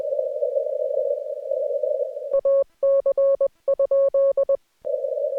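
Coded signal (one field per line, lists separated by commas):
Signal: Morse code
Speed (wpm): 20 wpm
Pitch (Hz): 1100 Hz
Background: none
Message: AC?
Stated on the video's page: Morse head-copy practice recorded during a Parks on the Air activation, with no talking or background noise.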